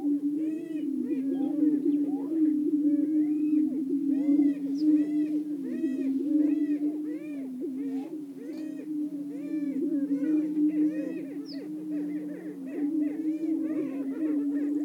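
Greater prairie-chickens: low booming drone with a fast run of arched cackling notes.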